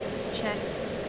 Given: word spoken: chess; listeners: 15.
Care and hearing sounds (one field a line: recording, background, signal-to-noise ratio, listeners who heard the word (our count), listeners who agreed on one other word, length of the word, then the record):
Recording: one English word in noise, from a listening test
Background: speech-shaped noise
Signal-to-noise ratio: -4.4 dB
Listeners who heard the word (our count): 6 of 15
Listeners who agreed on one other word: 9 of 15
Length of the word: 0.69 s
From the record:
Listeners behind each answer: 9, 6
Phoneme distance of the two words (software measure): 7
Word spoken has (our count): 1 syllable, 3 phonemes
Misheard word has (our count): 1 syllable, 4 phonemes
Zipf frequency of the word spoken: 3.91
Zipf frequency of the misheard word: 4.48